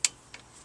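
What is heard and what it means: A click-type torque wrench tightens a wheel/brake nut during a brake job and gives one loud, sharp click at 0.05 s, followed by a much fainter tick at 0.34 s. The click means the wrench has reached its set torque.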